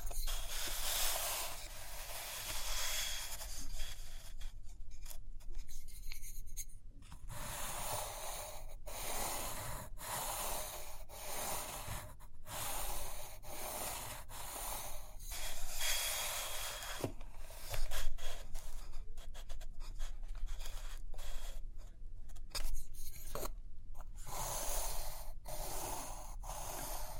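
Paper sounds of pages turning and rubbing, with short scratchy strokes like writing or drawing. Dense rustling bursts come in clusters, heaviest near the start and again around 17 and 22 seconds, broken by brief quiet gaps and a low steady hum underneath.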